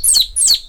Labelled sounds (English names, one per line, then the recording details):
Stitchbird song
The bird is a male
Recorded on Tiritiri Matangi Island, New Zealand, in 2005
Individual 17, of nest box 25